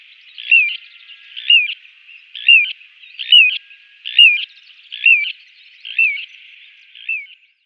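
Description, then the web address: Little ringed plover giving eight whistled calls, about one per second. "Schulze Peter Little Ringed Plover"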